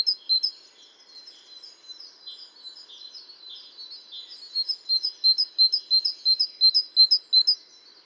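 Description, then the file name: Great tit call: a few bright notes, then soft, scratchy high notes for several seconds, building into a clear, regular sequence of bright repeated notes. "Parus major"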